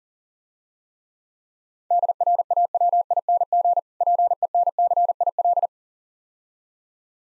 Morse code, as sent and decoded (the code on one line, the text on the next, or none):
-.. .-. .- .-- .. -. --. / .--. . -. -.-. .. .-..
DRAWING PENCIL